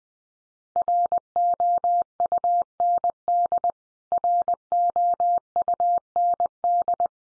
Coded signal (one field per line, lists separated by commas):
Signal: Morse code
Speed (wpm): 19 wpm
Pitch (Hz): 700 Hz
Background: none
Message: ROUND ROUND